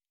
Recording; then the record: hydrophone in a shrimp aquaculture tank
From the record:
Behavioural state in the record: normal